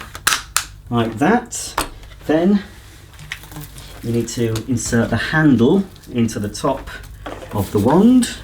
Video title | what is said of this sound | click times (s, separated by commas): Shark Powered Lift-Away Upright Vacuum Cleaner AX950UKT First Look | goes with the shark logo to the front and it just pushes in until it clicks like that | 0.3 s, 0.6 s